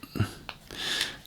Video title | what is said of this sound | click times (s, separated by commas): Minolta SR T 101 35mm camera test in Raleigh North Carolina | to get that snapped back into place | 0.5 s